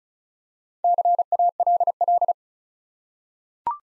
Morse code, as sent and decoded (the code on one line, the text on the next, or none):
-.-. .- .-.. .-..
CALL